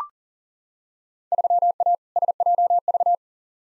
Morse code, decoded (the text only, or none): 3A SJV